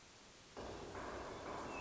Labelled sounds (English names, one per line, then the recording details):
Hermit Thrush
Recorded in Sonoma County, California